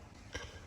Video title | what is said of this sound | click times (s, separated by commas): How to Replace Cabin Air Filter 2020 Honda Accord | when you go up and it should click into place | 0.4 s